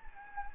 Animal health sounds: mosquito wingbeat signal from an infrared sensor; Anopheles gambiae

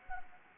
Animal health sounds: mosquito wingbeat signal from an infrared sensor; Anopheles arabiensis

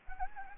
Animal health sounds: mosquito wingbeat signal from an infrared sensor; Anopheles gambiae

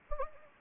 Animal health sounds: mosquito wingbeat signal from an infrared sensor; Anopheles gambiae

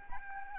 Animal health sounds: mosquito wingbeat signal from an infrared sensor; Aedes albopictus

